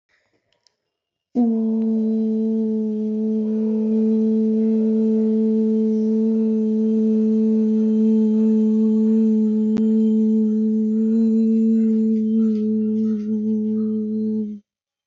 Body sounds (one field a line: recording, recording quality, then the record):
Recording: sustained vowel as in boot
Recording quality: excellent, no background noise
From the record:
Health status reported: respiratory illness, not identified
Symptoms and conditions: asthma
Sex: female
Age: 27 years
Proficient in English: yes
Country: India